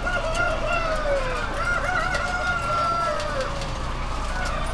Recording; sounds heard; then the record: poultry house recording; healthy chickens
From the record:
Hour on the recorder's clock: 21